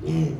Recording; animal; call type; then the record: contact call of a hoofed animal; pig; closed-mouth grunt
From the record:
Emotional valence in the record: negative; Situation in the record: short social isolation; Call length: 0.40 s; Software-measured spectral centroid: 1540 Hz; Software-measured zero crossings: 570 a second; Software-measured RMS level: -24 dBFS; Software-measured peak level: -13 dBFS